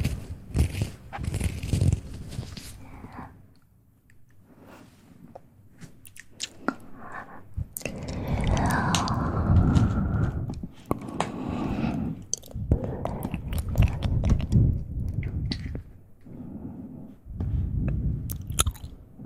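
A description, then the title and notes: Mouth sounds of chewing and biting, with wet smacks and crunchy clicks scattered throughout. A quieter stretch near four seconds gives way to denser, louder chewing from about eight seconds on, with sharp crunch transients and low thumping bursts recurring every second or two. ASMR Christmas Special Edition, Mouth Sounds.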